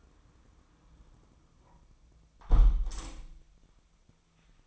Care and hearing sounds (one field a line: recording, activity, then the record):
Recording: daily activity, microphone in the room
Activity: close window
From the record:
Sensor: 1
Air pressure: 1004.7 hPa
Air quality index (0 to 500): 101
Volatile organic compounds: 3 ppm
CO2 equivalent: 1378 ppm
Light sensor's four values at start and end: 8/21/8/9 and 8/20/8/8